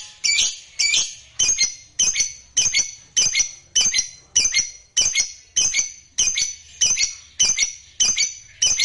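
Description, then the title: Lovebird calls: sharp shrill squawks repeated steadily, nearly two per second, many in a row. Lovebird sound meant to be played once to stimulate lovebirds. "HANYA Sekali PUTAR. Suara Lovebird Ini"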